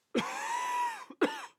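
An adult male coughs twice: a long, voiced, throat-clearing cough followed by a short second cough.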